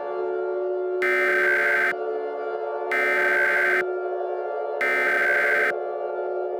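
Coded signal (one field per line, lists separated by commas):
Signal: Emergency Alert System (SAME) tones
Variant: header bursts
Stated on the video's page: Fictional EAS scenario.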